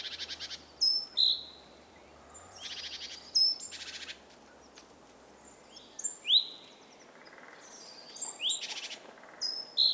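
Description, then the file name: Great tit churring: repeated dry, buzzy rattles interspersed with bright, clipped, downward-sliding high notes, arriving in irregular bursts over faint steady background noise. "Parus major"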